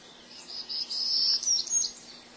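Townsend's warbler singing a thin, buzzy series of high notes rising in pitch.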